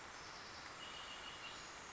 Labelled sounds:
Red-winged Blackbird (Agelaius phoeniceus)
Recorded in Sonoma County, California

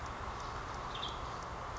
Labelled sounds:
Western Tanager (Piranga ludoviciana)
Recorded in Sonoma County, California

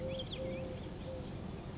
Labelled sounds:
Eurasian Collared Dove (Streptopelia decaocto)
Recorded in Sonoma County, California

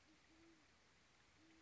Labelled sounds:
Great Horned Owl (Bubo virginianus)
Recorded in Sonoma County, California

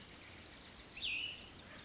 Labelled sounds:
Cassin's Vireo (Vireo cassinii)
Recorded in Sonoma County, California

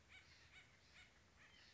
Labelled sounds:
White-breasted Nuthatch (Sitta carolinensis)
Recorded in Sonoma County, California

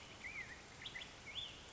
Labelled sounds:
Black-headed Grosbeak (Pheucticus melanocephalus)
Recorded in Sonoma County, California

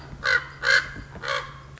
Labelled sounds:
Common Raven (Corvus corax)
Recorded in Sonoma County, California

